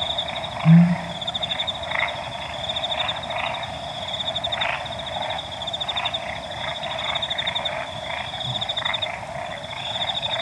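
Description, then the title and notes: Pel's fishing owl uttering a brief, deep hoot early on, followed by a rhythmic frog chorus of repeated pulsed croaks and a steady high whine. Calling at dawn, 4:01 AM, 15 August 2015, Okavango Panhandle, waking the recordist; very low call; Sound Devices 702 recorder with Sennheiser 418 stereo shotgun microphone. "Pel's Fishing Owl At Dawn. August 15 2015, 4:01 AM. Okavango Panhandle. Brian House. Okavango Wilderness Project"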